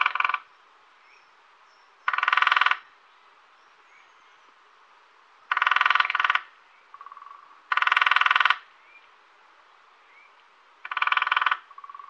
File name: Mindre hackspett